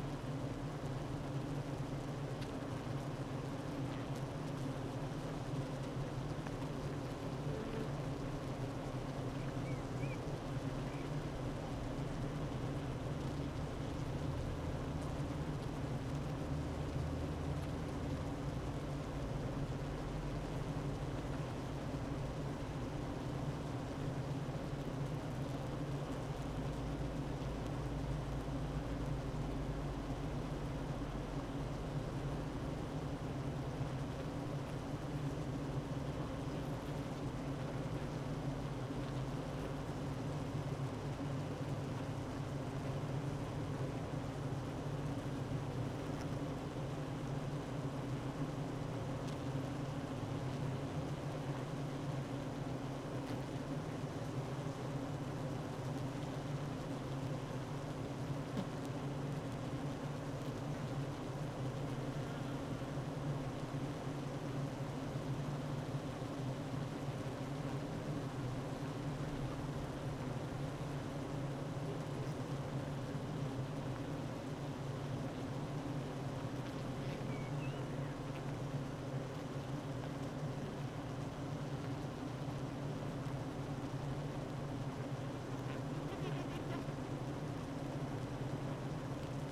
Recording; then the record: honeybee colony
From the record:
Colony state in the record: active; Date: 12 June 2018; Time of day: 9:17